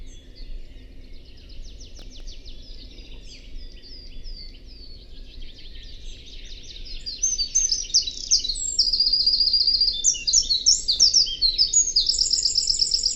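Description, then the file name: Eurasian wren song that starts as quieter, rapid high chattering, then bursts into loud, piercing trills and emphatic notes in its second half, over a constant low rumble. "Troglodytes troglodytes"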